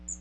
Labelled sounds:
Magnolia Warbler flight call

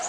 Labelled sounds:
Orange-crowned Warbler flight call

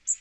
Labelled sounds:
Magnolia Warbler flight call

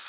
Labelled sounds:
Pine Warbler flight call

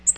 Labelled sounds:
Nashville Warbler flight call

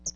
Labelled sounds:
Hooded Warbler flight call

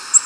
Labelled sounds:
Tennessee Warbler flight call

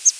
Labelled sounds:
Palm Warbler flight call

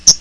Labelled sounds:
Hooded Warbler flight call

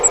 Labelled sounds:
Grace's Warbler flight call

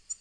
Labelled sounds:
Black-throated Green Warbler flight call

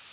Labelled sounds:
Northern Waterthrush flight call

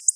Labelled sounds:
Black-throated Blue Warbler flight call

